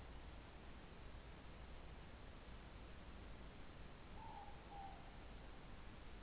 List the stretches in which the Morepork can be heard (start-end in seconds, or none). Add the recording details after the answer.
3.97-5.12. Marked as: faintness 2/5. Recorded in New Zealand. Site Taranaki